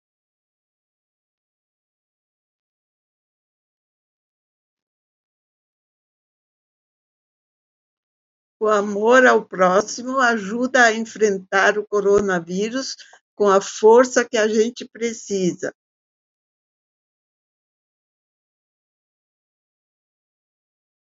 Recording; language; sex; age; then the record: spoken sentence; Brazilian Portuguese; female; 80 to 89 years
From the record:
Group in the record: control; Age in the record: 82 years